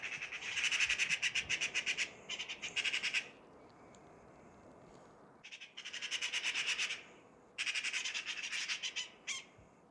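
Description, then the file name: Eurasian magpie chattering in rapid, grating rattles, several bursts separated by brief gaps, with a longer pause in the middle. "Pica pica"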